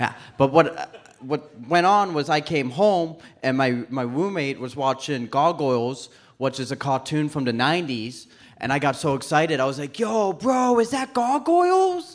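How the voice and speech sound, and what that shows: An adult male comedian performing live stand-up in Lake Country, BC, tells a story. His 'r' sounds are replaced, as in 'roommate'. This speech impediment is caused by apraxia of speech, and he cannot say certain words with O's and R's in them.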